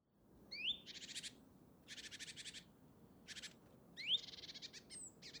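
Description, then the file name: Great tit calls: two quick rising whistled notes, each followed by dry, buzzy, pulsed churring bursts, several in a row. "Parus major"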